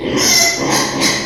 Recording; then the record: squeal of a Yucatan mini pig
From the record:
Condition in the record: before surgery on the right vocal fold (resection and tissue-engineered implant); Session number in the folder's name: 2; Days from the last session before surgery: 0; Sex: male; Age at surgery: 12 weeks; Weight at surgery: 13 kg